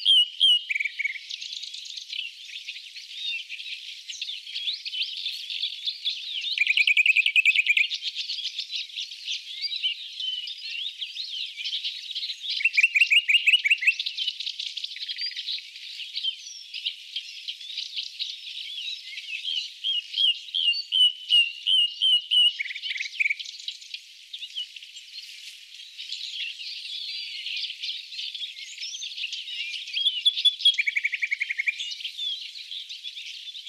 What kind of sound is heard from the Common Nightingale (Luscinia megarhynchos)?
song